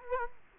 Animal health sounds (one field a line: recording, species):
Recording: mosquito wingbeat signal from an infrared sensor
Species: Culex quinquefasciatus